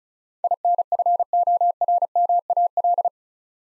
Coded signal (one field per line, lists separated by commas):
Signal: Morse code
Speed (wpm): 34 wpm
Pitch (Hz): 700 Hz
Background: none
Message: INFORMAL